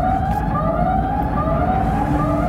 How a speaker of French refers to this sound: Tout va bien, une sorte de routine, et c'est là qu'une première alarme interrompt la conversation amicale.